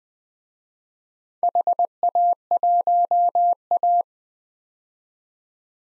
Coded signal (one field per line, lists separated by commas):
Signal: Morse code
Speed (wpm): 20 wpm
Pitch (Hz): 700 Hz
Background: none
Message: HA1A